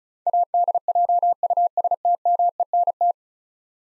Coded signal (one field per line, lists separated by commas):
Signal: Morse code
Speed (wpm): 36 wpm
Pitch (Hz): 700 Hz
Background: none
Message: ADJUSTMENT